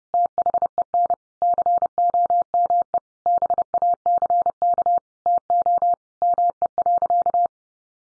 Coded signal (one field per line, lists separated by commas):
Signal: Morse code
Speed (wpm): 30 wpm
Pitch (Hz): 700 Hz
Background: none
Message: THEN COME BACK TO ME.